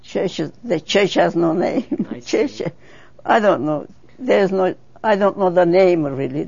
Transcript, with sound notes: Church is, the church has no name. (she laughs)
I see.
Church, I don't know. There is no, I don't know the name, really.